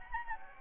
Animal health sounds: mosquito wingbeat signal from an infrared sensor; Anopheles gambiae

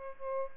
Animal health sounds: mosquito wingbeat signal from an infrared sensor; Aedes aegypti

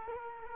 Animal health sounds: mosquito wingbeat signal from an infrared sensor; Culex quinquefasciatus

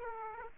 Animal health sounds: mosquito wingbeat signal from an infrared sensor; Aedes aegypti

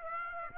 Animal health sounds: mosquito wingbeat signal from an infrared sensor; Aedes aegypti

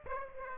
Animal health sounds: mosquito wingbeat signal from an infrared sensor; Aedes aegypti

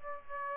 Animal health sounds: mosquito wingbeat signal from an infrared sensor; Aedes aegypti

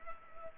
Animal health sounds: mosquito wingbeat signal from an infrared sensor; Culex pipiens

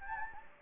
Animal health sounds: mosquito wingbeat signal from an infrared sensor; Anopheles gambiae

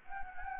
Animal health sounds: mosquito wingbeat signal from an infrared sensor; Anopheles gambiae

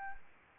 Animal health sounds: mosquito wingbeat signal from an infrared sensor; Anopheles arabiensis

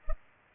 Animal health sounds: mosquito wingbeat signal from an infrared sensor; Culex pipiens

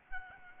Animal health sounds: mosquito wingbeat signal from an infrared sensor; Aedes albopictus

